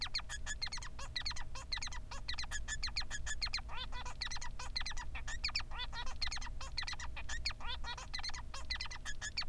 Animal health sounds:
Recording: song of a male Bengalese finch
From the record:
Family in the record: son of father 3

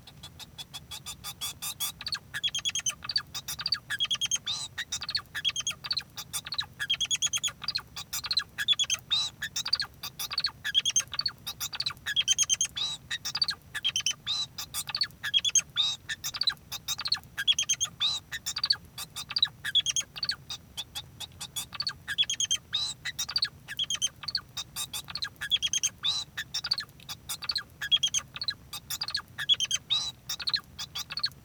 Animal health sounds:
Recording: song of a male Bengalese finch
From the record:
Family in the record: son of father 2

